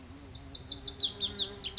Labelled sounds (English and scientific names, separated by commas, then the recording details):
Lazuli Bunting (Passerina amoena)
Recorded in Sonoma County, California